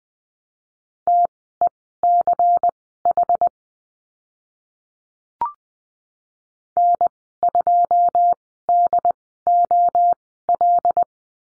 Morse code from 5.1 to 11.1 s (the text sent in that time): N2DOL